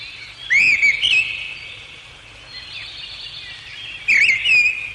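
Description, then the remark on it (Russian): A European robin sings its evening song from the top of a small fir tree at sunset: two bright, tumbling phrases of high, sweet warbles and trills, separated by a pause, over a faint steady background hiss. “Взлетев на макушку елочки, Зарянка от имени всех дневных малых птиц прощается с солнцем.”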